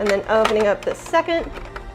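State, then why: Not seated. Someone talks while handling the second sliding plastic blast door on a Hasbro Endor toy playset frame, starting to open it; the door has a detent so it snaps into open and closed positions instead of sliding around like the 1990s release. A faint tap is heard near 1.8 seconds, but the door has not snapped into its detent and nothing has seated or clicked yet.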